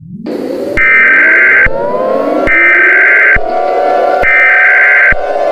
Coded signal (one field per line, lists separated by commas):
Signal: Emergency Alert System (SAME) tones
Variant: header bursts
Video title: EAS Scenario Special: Cosmetic Fusion #birthdaygiftforzink